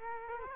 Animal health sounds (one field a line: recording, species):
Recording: mosquito wingbeat signal from an infrared sensor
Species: Culex quinquefasciatus